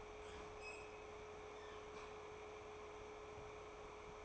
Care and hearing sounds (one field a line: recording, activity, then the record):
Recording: daily activity, microphone in the room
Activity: open fridge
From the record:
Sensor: 1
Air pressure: 1004.6 hPa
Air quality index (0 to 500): 193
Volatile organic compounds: 16 ppm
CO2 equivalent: 2557 ppm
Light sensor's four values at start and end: 5/11/4/4 and 5/11/4/4